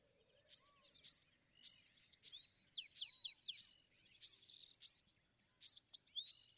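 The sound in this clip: Bewick's wren: bright, high, downsweeping notes repeated many times.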